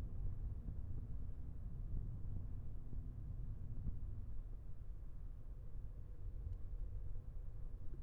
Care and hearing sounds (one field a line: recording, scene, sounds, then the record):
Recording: everyday scene through a hearing-aid microphone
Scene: in a vehicle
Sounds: engine, traffic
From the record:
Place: Skoda Fabia, gasoline engine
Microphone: behind the ear, left, rear